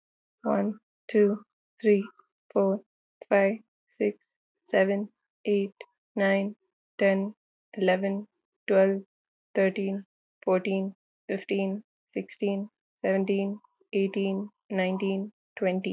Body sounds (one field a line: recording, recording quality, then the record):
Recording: counting at a normal pace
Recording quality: excellent, no background noise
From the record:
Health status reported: healthy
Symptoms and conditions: none ticked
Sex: female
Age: 23 years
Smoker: not ticked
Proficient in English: yes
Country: India